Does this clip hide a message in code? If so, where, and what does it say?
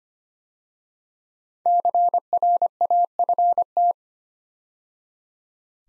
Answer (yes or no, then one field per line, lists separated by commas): yes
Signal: Morse code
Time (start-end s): 1.7-3.9 s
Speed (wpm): 25 wpm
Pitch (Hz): 700 Hz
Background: none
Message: CRAFT